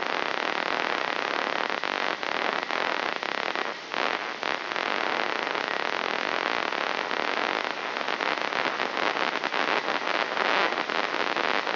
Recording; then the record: brain microelectrode recording played as sound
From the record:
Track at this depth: inside the subthalamic nucleus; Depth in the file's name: 2.51 mm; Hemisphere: left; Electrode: 3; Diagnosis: Parkinson's disease